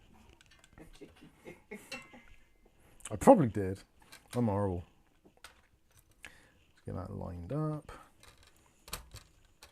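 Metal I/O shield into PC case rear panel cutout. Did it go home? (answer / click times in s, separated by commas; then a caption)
yes / 8.9 s. A metal I/O shield is lined up in the rear panel cutout of a PC case and pressed in while someone talks. Light metallic taps and handling clatter sound throughout. The shield snaps into place with a sharp click at 8.9 s and is seated.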